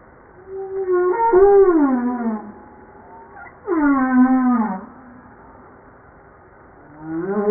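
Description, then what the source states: Humpback whale song: two long harmonic moans that slide downward, with a rising moan starting at the end. Recorded 5 March 1994.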